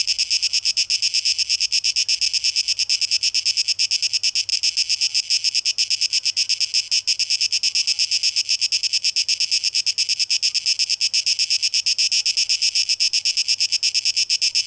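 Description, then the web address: Cicada chorus as a continuous high, grating buzz with fast fine pulsing, steady in loudness throughout. Cicadas, tape echo mix, 12 August 2023. "rauschpartikel Audio 2023-08-12 Zikaden"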